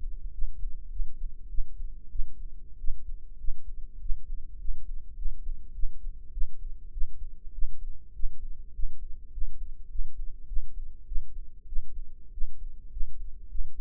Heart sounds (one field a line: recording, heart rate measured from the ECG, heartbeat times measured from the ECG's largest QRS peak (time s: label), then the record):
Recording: heart sounds by microphone in the right ear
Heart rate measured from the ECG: 100 bpm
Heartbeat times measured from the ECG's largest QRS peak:
0.33 s: heartbeat
0.91 s: heartbeat
1.49 s: heartbeat
2.10 s: heartbeat
2.79 s: heartbeat
3.39 s: heartbeat
4.00 s: heartbeat
4.59 s: heartbeat
5.17 s: heartbeat
5.74 s: heartbeat
6.32 s: heartbeat
6.92 s: heartbeat
7.53 s: heartbeat
8.14 s: heartbeat
8.74 s: heartbeat
9.32 s: heartbeat
9.90 s: heartbeat
10.47 s: heartbeat
11.06 s: heartbeat
11.67 s: heartbeat
12.32 s: heartbeat
12.91 s: heartbeat
13.49 s: heartbeat
From the record:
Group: healthy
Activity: rest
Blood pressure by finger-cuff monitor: 136/85 mmHg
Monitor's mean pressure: 99 mmHg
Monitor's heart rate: 100 bpm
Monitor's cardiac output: 8.2 L/min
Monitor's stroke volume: 82 mL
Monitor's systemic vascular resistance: 900 dyn s/cm5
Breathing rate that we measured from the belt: 14 breaths a minute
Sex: female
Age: 19 years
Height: 163 cm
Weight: 51 kg